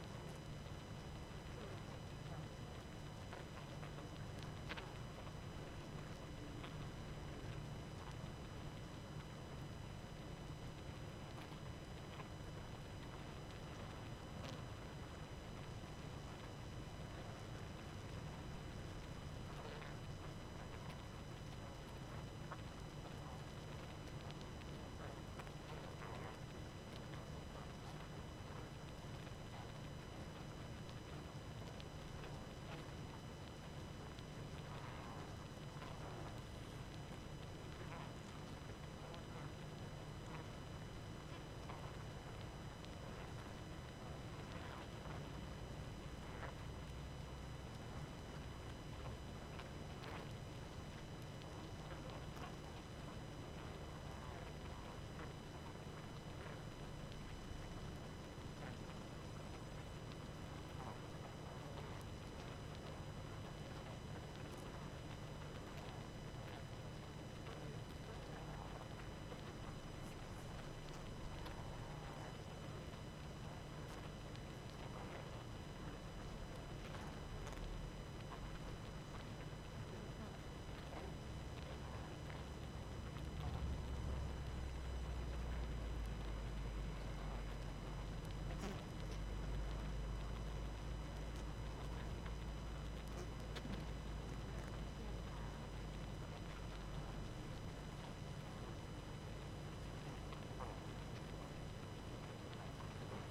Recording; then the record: honeybee colony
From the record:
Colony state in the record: active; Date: 12 June 2018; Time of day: 23:45